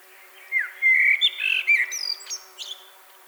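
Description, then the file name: Common blackbird song phrase: low mellow whistles rising and falling, capped by a few thin high squeaks. "Turdus merula"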